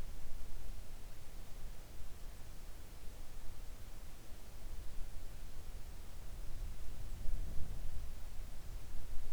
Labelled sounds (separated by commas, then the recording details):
near silence
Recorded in the Arctic National Wildlife Refuge, Alaska, on 3 August 2019 at 06:08
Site 41